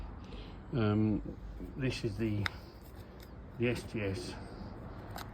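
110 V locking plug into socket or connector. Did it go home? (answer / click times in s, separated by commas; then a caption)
yes / 5.2 s. Someone talks while a 110 V site plug is pushed into its socket and twisted round until it drops into position. Two sharp clicks are heard at 5.2 s and 5.2 s as the locking plug latches in place, seated so it can't spin loose.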